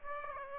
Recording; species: mosquito wingbeat signal from an infrared sensor; Aedes aegypti